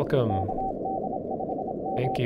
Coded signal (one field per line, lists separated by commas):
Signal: Morse code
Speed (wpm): 27 wpm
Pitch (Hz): 760 Hz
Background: speech, radio noise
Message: KD5M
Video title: (It's Winter, Shortwave Radio) LudoCrypto 1 Year Anniversary